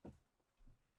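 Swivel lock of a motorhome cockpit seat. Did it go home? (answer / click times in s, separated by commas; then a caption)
no / none. The cockpit seat of a 2027 Newmar London Aire motorhome is being rotated back from facing the living room toward its forward travel position, where its swivel lock is meant to engage. A dull low thump at about 0.1 s is followed by a softer low rumble around 0.6–0.7 s as the seat is handled. The swivel lock has not locked into place yet.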